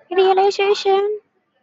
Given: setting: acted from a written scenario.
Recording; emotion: vocal sound without words; realization